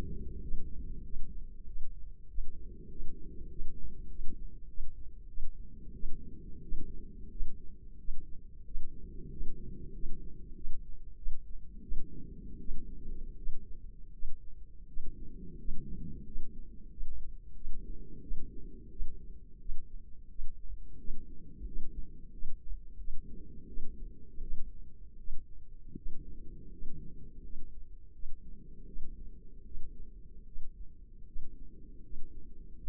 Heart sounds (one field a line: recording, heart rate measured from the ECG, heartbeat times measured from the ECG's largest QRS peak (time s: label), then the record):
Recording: heart sounds by microphone in the left ear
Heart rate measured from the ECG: 87 bpm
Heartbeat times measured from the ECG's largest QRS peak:
0.46 s: heartbeat
1.08 s: heartbeat
1.70 s: heartbeat
2.32 s: heartbeat
2.93 s: heartbeat
3.53 s: heartbeat
4.13 s: heartbeat
4.72 s: heartbeat
5.31 s: heartbeat
5.97 s: heartbeat
6.66 s: heartbeat
7.34 s: heartbeat
8.02 s: heartbeat
8.69 s: heartbeat
9.34 s: heartbeat
9.97 s: heartbeat
10.58 s: heartbeat
11.20 s: heartbeat
11.85 s: heartbeat
12.63 s: heartbeat
13.40 s: heartbeat
14.16 s: heartbeat
14.91 s: heartbeat
15.62 s: heartbeat
16.29 s: heartbeat
16.94 s: heartbeat
17.58 s: heartbeat
18.25 s: heartbeat
18.93 s: heartbeat
19.63 s: heartbeat
20.33 s: heartbeat
21.02 s: heartbeat
21.69 s: heartbeat
22.35 s: heartbeat
23.01 s: heartbeat
23.70 s: heartbeat
24.45 s: heartbeat
25.21 s: heartbeat
25.99 s: heartbeat
26.75 s: heartbeat
27.46 s: heartbeat
28.16 s: heartbeat
28.89 s: heartbeat
29.68 s: heartbeat
30.49 s: heartbeat
31.29 s: heartbeat
32.06 s: heartbeat
32.79 s: heartbeat
From the record:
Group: healthy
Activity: rest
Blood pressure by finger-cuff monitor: 155/82 mmHg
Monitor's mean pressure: 102 mmHg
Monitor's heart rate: 87 bpm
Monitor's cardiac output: 10.6 L/min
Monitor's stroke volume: 122 mL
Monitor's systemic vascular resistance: 710 dyn s/cm5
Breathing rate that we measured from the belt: 10 breaths a minute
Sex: male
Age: 30 years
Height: 188 cm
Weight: 110.2 kg